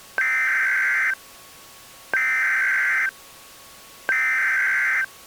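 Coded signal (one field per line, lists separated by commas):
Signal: Emergency Alert System (SAME) tones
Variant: header bursts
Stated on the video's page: Recreation of a Chevron Refinery civil emergency message alert, fictional, with valid EAS tones made in software.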